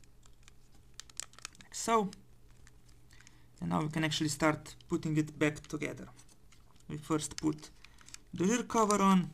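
The rear plastic part of an ANKI Cozmo toy robot body, during a battery replacement, is pushed back into place with a few small clicks and snaps firmly into place at 1.2 s. Fainter ticks follow, and someone talks for the rest of the clip.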